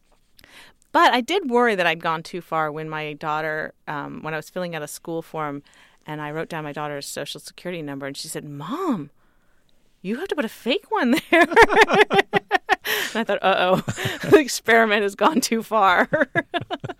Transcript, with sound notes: But I did worry that I'd gone too far when my daughter - when I was filling out a school form and I wrote down my daughter's Social Security number and she said Mom, you have to put a fake one there!
(LAUGHTER)
And I thought uh-oh, the experiment has gone too far.